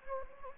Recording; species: mosquito wingbeat signal from an infrared sensor; Anopheles gambiae